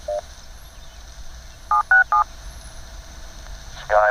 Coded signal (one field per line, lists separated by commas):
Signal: DTMF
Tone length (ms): 120 ms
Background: speech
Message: 767